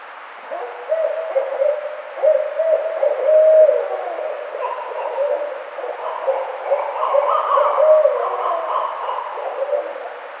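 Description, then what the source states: Barred owl giving a long, excited run of low hoots and wavering, cackling notes that overlap and rise and fall. Recorded 4 May 2009.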